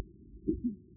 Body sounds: neck accelerometer signal played as sound; voluntary cough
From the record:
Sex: female

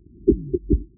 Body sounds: neck accelerometer signal played as sound; voluntary cough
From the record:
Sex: male

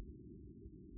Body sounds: neck accelerometer signal played as sound; no cough (speech, laughter, throat clearing or background)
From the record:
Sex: female

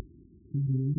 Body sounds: neck accelerometer signal played as sound; no cough (speech, laughter, throat clearing or background)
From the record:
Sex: male

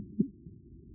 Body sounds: neck accelerometer signal played as sound; no cough (speech, laughter, throat clearing or background)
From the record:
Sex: female

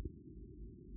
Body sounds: neck accelerometer signal played as sound; no cough (speech, laughter, throat clearing or background)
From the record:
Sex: male

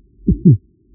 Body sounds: neck accelerometer signal played as sound; voluntary cough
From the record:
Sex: female

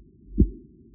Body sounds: neck accelerometer signal played as sound; voluntary cough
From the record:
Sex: male

